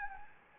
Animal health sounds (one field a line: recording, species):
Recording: mosquito wingbeat signal from an infrared sensor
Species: Anopheles gambiae